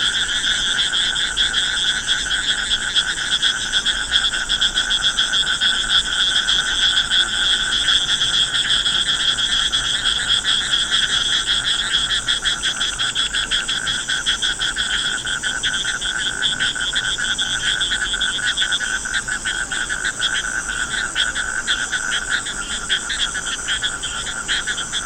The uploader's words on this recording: Thungabadra River, Hampi. Fevrier 2009, Hampi.